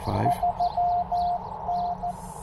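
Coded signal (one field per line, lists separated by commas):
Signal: Morse code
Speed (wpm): 15 wpm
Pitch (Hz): 710 Hz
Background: speech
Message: 3N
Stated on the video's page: Morse from a Parks on the Air activation.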